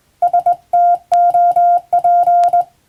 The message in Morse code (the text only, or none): STOP